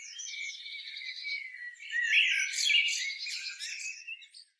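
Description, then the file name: Eurasian blackbird singing a continuous low warble mixed with squeaky, high twittering notes that swell louder midway before fading out. "Turdus merula"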